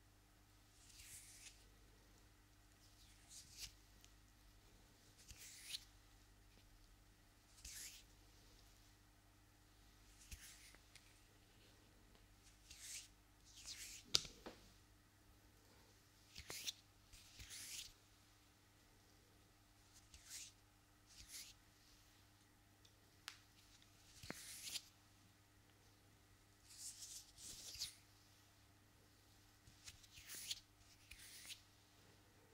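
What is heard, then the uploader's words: Hands with long nails make short, bright scratching and rubbing strokes every couple of seconds over a steady low hum, with one sharper click midway. ASMR Hands Sounds Movements Long Nails.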